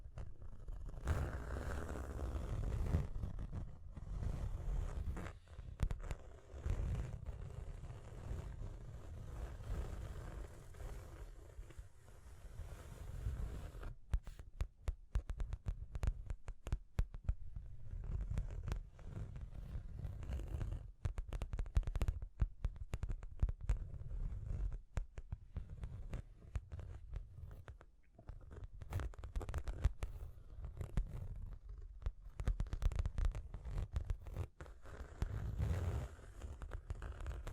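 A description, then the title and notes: Scratching and tapping sounds fill the clip, a dense run of short dry strokes and clicks with a heavy low rumble underneath. The activity is busiest at the start and again after about 14 seconds, where rapid sharp taps cluster closely, with brief quieter gaps around 28 seconds. Tapping and Scratching (No Talking).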